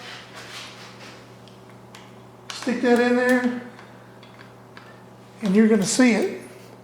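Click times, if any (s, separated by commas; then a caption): none. A spring-loaded adjuster button in an aftermarket MZS brake/clutch hand lever for a 2020 Yamaha R1 is handled while being worked toward its detent so the hole lines up. Someone talks over faint handling noises and small light taps. Nothing has seated or clicked yet.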